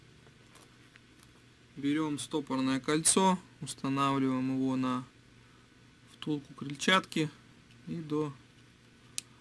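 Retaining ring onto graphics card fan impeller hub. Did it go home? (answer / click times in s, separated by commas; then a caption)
yes / 9.2 s. A retaining ring on a rebuilt graphics card fan is pushed onto the plastic impeller hub until it bottoms out while someone talks. A sharp click at 9.2 s marks the ring snapping into place, seated on the hub.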